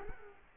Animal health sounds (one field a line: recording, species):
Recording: mosquito wingbeat signal from an infrared sensor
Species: Culex quinquefasciatus